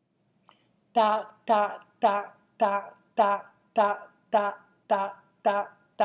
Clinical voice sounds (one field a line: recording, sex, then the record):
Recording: repeated syllable /ta/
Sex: female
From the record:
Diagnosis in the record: healthy control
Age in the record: 69 years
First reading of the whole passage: 57 s, 9.1 characters per second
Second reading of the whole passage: 50 s, 10.4 characters per second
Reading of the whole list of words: 47 s, 6.0 characters per second